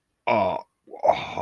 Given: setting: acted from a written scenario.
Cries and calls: vocal sound without words; embarrassment

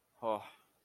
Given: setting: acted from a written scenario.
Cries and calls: vocal sound without words; neutral

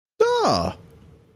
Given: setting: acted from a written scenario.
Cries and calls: vocal sound without words; positive surprise

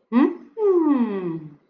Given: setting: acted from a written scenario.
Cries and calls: vocal sound without words; adoration

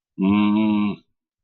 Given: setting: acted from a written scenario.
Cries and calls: vocal sound without words; guilt

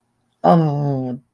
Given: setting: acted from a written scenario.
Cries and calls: vocal sound without words; embarrassment

